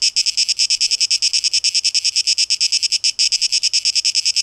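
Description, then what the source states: Cicada song, a piercing buzzy trill beating in fast pulses, with a momentary dip late on. Cicadas, plural, 12 August 2023, tape echo mix.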